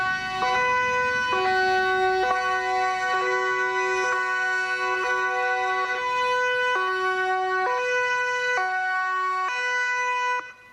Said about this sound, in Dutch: De politie laat de sirenes afgaan als een soort wekker.